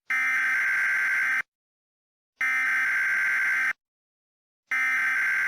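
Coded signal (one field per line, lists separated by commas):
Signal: Emergency Alert System (SAME) tones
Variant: header bursts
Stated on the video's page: Unofficial fan-made EAS for a fictional civil war.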